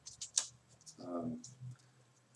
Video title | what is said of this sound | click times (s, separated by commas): Sliding box daguerreotype plate fumer | you know several different sizes and those just snap in place | 0.4 s